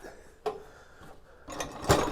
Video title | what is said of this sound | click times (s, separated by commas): 2022 Heritage Glen Hyper-Lyte 19RBHL Travel Trailer Walk-Through | lock into place for travel if you want to bring them back out just pull the little knob | 0.5 s, 1.6 s